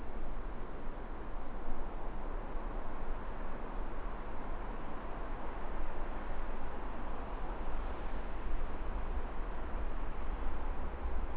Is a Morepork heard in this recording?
no